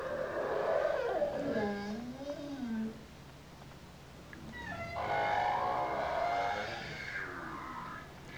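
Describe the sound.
Bowhead whale calls, a wavering descending moan then a longer harmonic-rich call, with low rumbling noise throughout.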